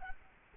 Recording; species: mosquito wingbeat signal from an infrared sensor; Culex quinquefasciatus